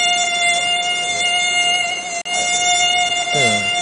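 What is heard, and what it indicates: A device plays a simulated tinnitus sound: a steady, harsh high-pitched tone with stacked harmonics, mostly above 2 kHz, with a brief dropout midway. It is the last of five tinnitus sounds in a demonstration.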